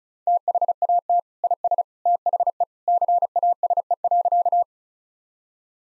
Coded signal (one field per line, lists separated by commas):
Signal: Morse code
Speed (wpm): 36 wpm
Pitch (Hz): 700 Hz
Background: none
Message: THAT IS THE CASE.